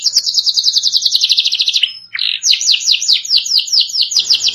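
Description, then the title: Canary singing a fast, rolling trill that drops slightly, a short buzzy note, then another quick series of repeated chirping notes. "Kenari"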